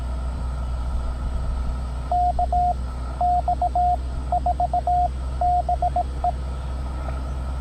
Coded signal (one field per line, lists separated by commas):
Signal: Morse code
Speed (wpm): 19 wpm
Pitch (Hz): 690 Hz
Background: radio noise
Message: KX4BE